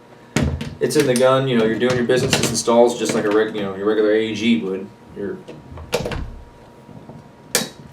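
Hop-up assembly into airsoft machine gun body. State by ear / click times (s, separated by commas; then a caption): seated / 7.6 s. Someone talks while pushing the hop-up/barrel assembly into the body of a Daytona Gun airsoft M249 machine gun. A loud, sharp click at 7.6 s marks the assembly locking into place, fully seated.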